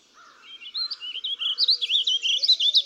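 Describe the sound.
Warbling vireo singing one quick, looping warble that starts softly and grows louder, with notes tumbling up and down and a faint low whistle beneath.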